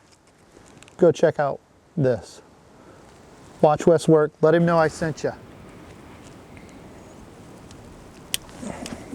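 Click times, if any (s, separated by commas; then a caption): 8.3 s. Someone talks, then pushes a plastic electrical connector, holding a freshly re-soldered wire, back together with its mating plug on a tractor-mounted hydraulic leaf vac, ahead of starting the engine. A single sharp click at 8.3 s shows the connector has clicked into place and seated.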